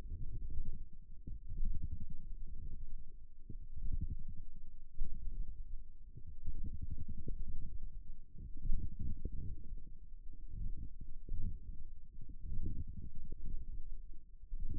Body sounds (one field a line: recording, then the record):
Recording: forearm muscle sounds (acoustic myography)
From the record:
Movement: wrist flexion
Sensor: system 1, eight BSWA MPA416 microphones around the upper forearm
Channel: 8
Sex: female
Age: 21 years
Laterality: right